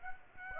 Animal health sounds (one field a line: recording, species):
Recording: mosquito wingbeat signal from an infrared sensor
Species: Aedes aegypti